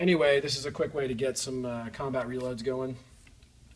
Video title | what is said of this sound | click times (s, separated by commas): The Ultimate Home Defense Shotgun: Remington 870 Police Magnum | Great piece of gear. Love it. Clicks right in. | 3.3 s